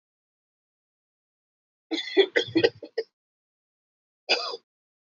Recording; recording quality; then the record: shallow voluntary cough; excellent, no background noise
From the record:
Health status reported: healthy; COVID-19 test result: not tested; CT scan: not taken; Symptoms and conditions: none ticked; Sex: male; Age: 26 years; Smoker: no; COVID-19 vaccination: both doses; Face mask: worn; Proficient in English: yes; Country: India